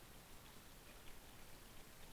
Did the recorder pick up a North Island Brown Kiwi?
no